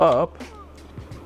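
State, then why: Not seated. While unboxing a DJI RS4 camera gimbal, someone talks briefly as a gimbal component is handled and slides or swings up toward its locking position in the gimbal body. After the voice, only quiet handling noise and faint soft taps are heard. Nothing has seated or clicked yet.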